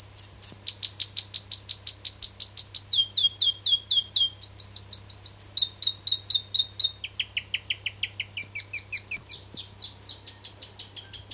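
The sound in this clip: South Island robin delivering a long, fast stream of repeated high notes, shifting pitch phrase by phrase over a low hum.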